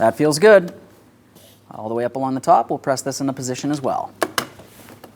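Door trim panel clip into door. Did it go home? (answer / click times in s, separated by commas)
yes / 4.4 s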